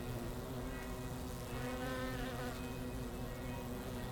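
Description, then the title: Honey bees producing a thick, even buzz, with one bee sweeping past midway in a rising and falling whine. Langel, Köln, Germany; early October, sun gone from the hives; most bees returning to the hive, many white-backed from Himalayan balsam flowers; village church bells ringing in background. "Langel, Köln, Deutschland - Bienen Anfang Oktober. Bees at the beginning of October"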